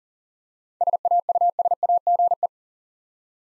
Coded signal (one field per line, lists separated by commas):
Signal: Morse code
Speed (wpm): 40 wpm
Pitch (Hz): 700 Hz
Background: none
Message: SAUSAGE